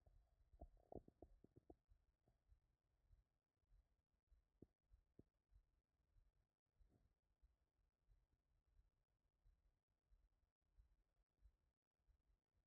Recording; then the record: heart sounds by stethoscope after running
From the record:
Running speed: 5 mph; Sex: male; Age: 50 to 59 years